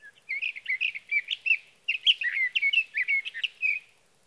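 Sage thrasher song, a fast jumble of warbled and slurred notes running on almost without pause, with one short break midway; nothing else audible.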